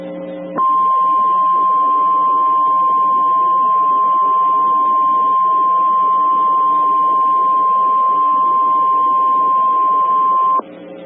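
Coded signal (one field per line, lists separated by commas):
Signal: Emergency Alert System (SAME) tones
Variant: 1050 Hz attention tone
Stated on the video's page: EAS alerts from every US state, captured via live stream or in person.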